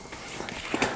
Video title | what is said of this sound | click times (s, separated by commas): Gun Dogs in Cold Weather: Vests, Blinds, and What to Watch For - The DogBone VLOG: Ep: #95 | and flip these legs open we're never really going to have to clean it up these lock into place | 0.5 s, 0.8 s